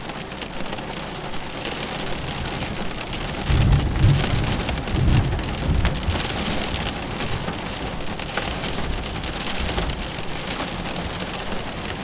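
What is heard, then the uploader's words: Steady, dense rain patters on a surface throughout, with fine drips and splashes scattered across it. From about three and a half to five and a half seconds, a low thunder rumble swells underneath, then settles back into the even hiss of the downpour. Shelter from a storm.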